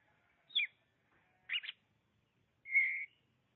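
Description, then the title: Oriental magpie-robin song in three separate phrases: a falling whistle, a quick double chirp, then a long steady whistled note. "Suara Kicauan Burung Kacer"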